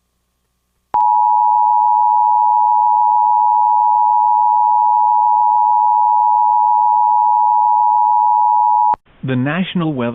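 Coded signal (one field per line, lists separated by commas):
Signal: Emergency Alert System (SAME) tones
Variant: 853 and 960 Hz attention tone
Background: speech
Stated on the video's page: Required Weekly Test issued twice by the Corpus Christi weather office on weather radio station WXK26, received on home weather radios.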